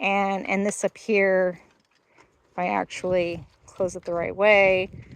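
Someone talks while handling the upper latch on a chicken run door, closing the upper part of the door. Apart from a faint brief sound near 1.8 s, the clip is mostly speech. Nothing has seated or clicked yet; the clip ends before the latch locks in place.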